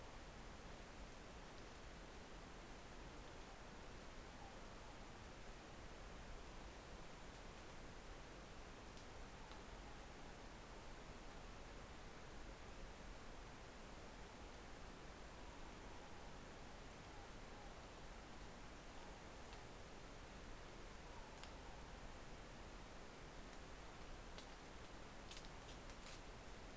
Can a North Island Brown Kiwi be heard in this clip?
no